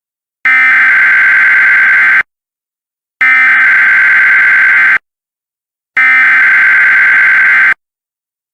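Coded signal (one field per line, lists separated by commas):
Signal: Emergency Alert System (SAME) tones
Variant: header bursts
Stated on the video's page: Fictional EAS scenario.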